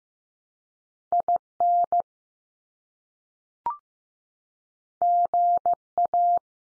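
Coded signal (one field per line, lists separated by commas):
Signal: Morse code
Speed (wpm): 15 wpm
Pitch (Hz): 700 Hz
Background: none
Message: IN GA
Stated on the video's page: 15 wpm head-copy drill of US state names, each sent three times, spoken, then sent again.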